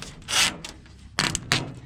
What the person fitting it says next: whole panel pops right in